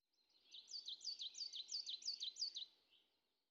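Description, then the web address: Coal tit giving a soft, repeated series of high two-note phrases, several quick pairs in a steady rhythm over light background hiss. Early morning. "Fontainebleau Demo. coal tit"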